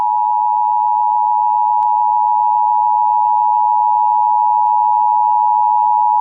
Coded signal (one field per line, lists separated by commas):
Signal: Emergency Alert System (SAME) tones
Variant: 853 and 960 Hz attention tone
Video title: A Lot of Monthly Tuesday (EAS #26705-26742) 6/3/25